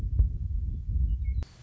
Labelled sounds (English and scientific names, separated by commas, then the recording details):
Western Meadowlark (Sturnella neglecta)
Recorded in Sonoma County, California